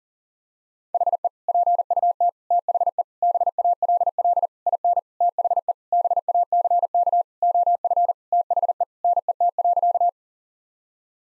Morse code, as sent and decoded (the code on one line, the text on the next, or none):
.... . / .--. ..- - / - .... . / -... .- .-.. .-.. / .. -. / - .... . / -... .- -.-. -.- / --- ..-. / - .... . / -. . - .-.-.-
HE PUT THE BALL IN THE BACK OF THE NET.